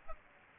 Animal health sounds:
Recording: mosquito wingbeat signal from an infrared sensor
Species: Aedes aegypti

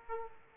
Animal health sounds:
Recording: mosquito wingbeat signal from an infrared sensor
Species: Aedes aegypti

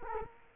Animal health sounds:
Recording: mosquito wingbeat signal from an infrared sensor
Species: Culex quinquefasciatus

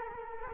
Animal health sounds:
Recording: mosquito wingbeat signal from an infrared sensor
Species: Culex quinquefasciatus

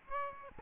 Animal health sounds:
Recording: mosquito wingbeat signal from an infrared sensor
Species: Aedes aegypti

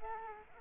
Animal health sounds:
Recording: mosquito wingbeat signal from an infrared sensor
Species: Culex quinquefasciatus

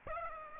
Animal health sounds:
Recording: mosquito wingbeat signal from an infrared sensor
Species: Aedes aegypti

